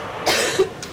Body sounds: coughing mixed with background sound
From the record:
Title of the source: 55 gaggy wet cough

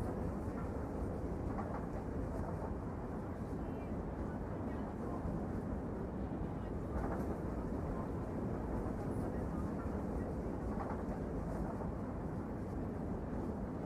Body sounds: background sound without coughing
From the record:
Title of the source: Train Ride Ambience ambient white noise for sleeping, focus, studying, reading

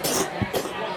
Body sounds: coughing mixed with background sound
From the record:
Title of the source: 34 coughing up crap again

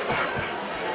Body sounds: coughing mixed with background sound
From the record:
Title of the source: Spring Cold Coughing 2

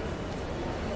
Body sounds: background sound without coughing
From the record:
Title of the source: Train Station Sounds Paris

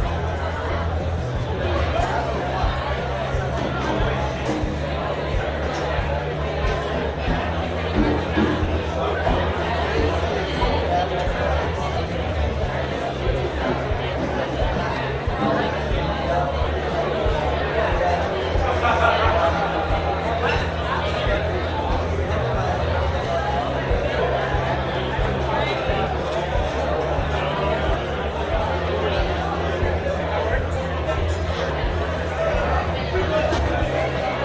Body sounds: background sound without coughing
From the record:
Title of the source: CITY SOUNDS Busy Bar in the Evening Night - 2 HOURS of Ambiance for Relaxation

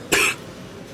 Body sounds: coughing mixed with background sound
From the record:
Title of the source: 64 coughing, allergies, singing lungs

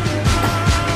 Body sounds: coughing mixed with background sound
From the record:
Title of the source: choking, hacking coughing

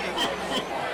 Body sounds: coughing mixed with background sound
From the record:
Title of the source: Dry Coughing Fit in the Afternoon.

